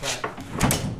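A locking drawer slide on a drawer at the back of a trailer has its lever lifted and the drawer pulled out, with a slightly tight, binding connection. A sliding, scraping rush builds before a sharp click at 0.7 s as the slide latches and locks in the extended position. Someone talks.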